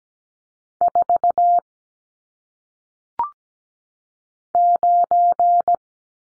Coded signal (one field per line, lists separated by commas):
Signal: Morse code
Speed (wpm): 17 wpm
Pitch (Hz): 700 Hz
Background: none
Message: 4 9